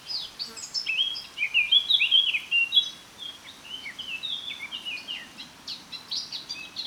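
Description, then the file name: Eurasian blackcap singing a lively scratchy warble, with a louder burst of fast twittering notes early, then softer rambling phrases continuing to the end. "Sylvia atricapilla"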